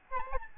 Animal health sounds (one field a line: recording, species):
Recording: mosquito wingbeat signal from an infrared sensor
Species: Aedes albopictus